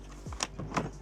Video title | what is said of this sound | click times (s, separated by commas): A GOOD WAY TO ORGANIZE CAR AUDIO INSTALLATION EQUIPMENT AND ACCESSORIES TOUGHBUILT STACKTECH PACKOUT | Then you want to unlock it. You press that and you take it off. | 0.4 s